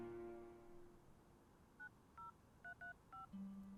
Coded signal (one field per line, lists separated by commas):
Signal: DTMF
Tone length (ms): 130 ms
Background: music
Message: 90335